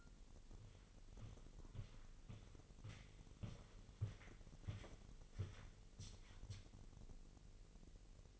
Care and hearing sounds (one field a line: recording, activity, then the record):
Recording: daily activity, microphone in the room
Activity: walk to room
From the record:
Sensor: 4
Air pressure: 1002.8 hPa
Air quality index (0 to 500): 249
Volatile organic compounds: 10 ppm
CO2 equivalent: 2212 ppm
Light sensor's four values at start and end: 13/29/12/12 and 11/26/10/11